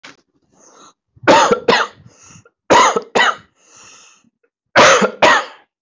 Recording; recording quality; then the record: heavy voluntary cough; excellent, no background noise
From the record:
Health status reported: healthy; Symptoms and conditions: hypertension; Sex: male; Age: 44 years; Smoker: not ticked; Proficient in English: yes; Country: India